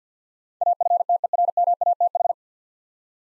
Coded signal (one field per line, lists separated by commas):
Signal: Morse code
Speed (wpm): 50 wpm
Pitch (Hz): 700 Hz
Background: none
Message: AFTERMATH